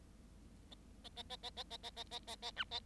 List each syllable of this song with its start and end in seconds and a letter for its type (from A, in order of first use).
0.71-0.74 A, 1.04-1.09 A, 1.16-1.23 A, 1.29-1.36 A, 1.43-1.50 A, 1.56-1.63 A, 1.70-1.77 A, 1.83-1.90 A, 1.96-2.04 A, 2.11-2.19 A, 2.27-2.36 A, 2.42-2.51 A, 2.56-2.64 B, 2.71-2.80 A